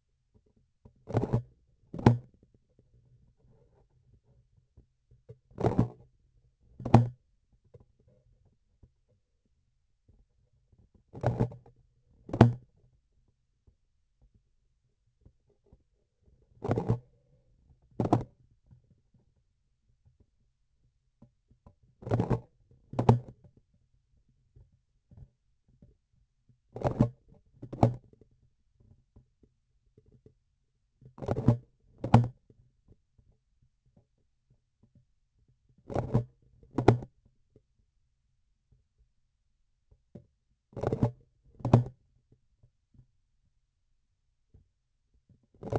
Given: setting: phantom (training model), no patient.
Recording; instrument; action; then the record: laparoscopic instrument, vibration sensor on the handle end; grasping forceps; opening and closing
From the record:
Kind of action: tool actuation without material contact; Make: other than Olympus